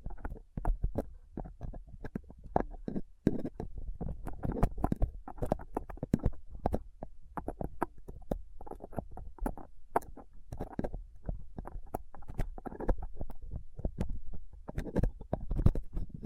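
A dental pick, tweezers and a cotton swab scrape and pick at a rough mic, producing dense, irregular scratches, clicks and low rumbling thumps throughout.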